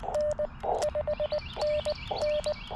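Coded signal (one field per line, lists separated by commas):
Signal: Morse code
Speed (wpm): 19 wpm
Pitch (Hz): 600 Hz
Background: none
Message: N 5NN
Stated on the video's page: QRP CW Parks on the Air activation with a Yaesu FT-817ND and Chelegance MC-750 vertical on 40 and 20 meters.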